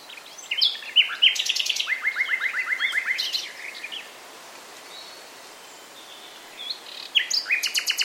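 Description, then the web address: Common nightingale song: a few loud sharp notes, then a steady run of repeated notes, a pause, and a fresh rapid phrase. "SETE data Luscinia megarhynchos"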